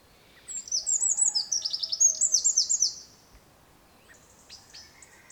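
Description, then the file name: Eurasian wren singing a brisk, shrill sequence of trills for about two and a half seconds, followed by a pause and a few fainter high notes. "Troglodytes troglodytes"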